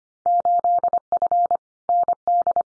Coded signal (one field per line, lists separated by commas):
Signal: Morse code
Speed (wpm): 25 wpm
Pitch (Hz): 700 Hz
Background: none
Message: 8F ND